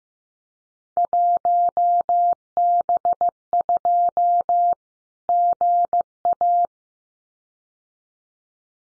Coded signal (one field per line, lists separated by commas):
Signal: Morse code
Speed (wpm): 15 wpm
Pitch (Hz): 700 Hz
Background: none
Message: 1B2 GA